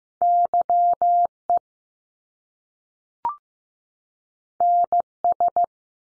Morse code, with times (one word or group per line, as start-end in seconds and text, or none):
0.2-1.3 Y
1.5-1.6 E
4.6-5.0 N
5.2-5.7 S